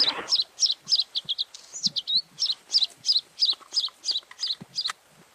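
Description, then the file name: Bluethroat song: varied ringing, twanging high notes in quick succession, some rising and falling, delivered in a steady rapid series. "gorge bleue"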